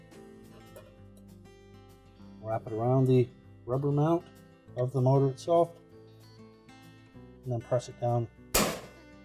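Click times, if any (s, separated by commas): 8.5 s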